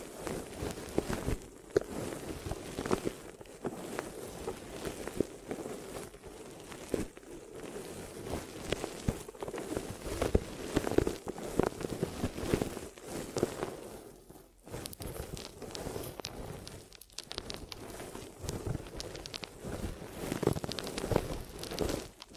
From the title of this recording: Glue Ear Massage and Cleaning